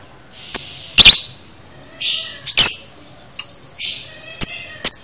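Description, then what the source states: Lovebird chattering with sharp shrill chirps mixed with buzzy, rasping high trills in an uneven run. Training recording (masteran) of lovebird konslet chatter, used to teach lovebirds to chatter.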